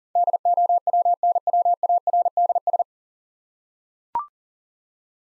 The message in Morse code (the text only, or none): DOWNWARDS